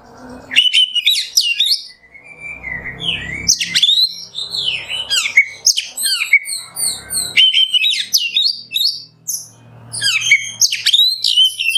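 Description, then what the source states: Oriental magpie-robin pouring out a long, complex song of varied whistles and sharp chips. Kacer masteran (tutor song for training songbirds) in the nembak song style.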